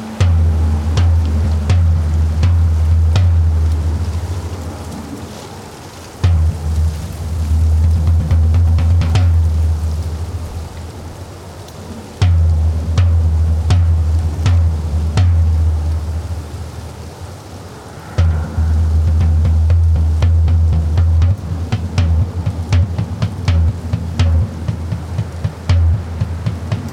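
A deep, booming low tone is struck about every six seconds, at roughly 0, 6, 12 and 18 seconds, each time swelling then slowly fading as the next arrives. Over it, dry rattling shaker hits scatter irregularly throughout, growing busier toward the end.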